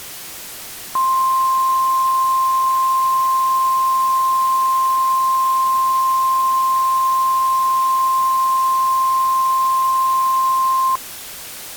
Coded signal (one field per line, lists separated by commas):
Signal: Emergency Alert System (SAME) tones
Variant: 1050 Hz attention tone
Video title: EAS scenario: Turkey Point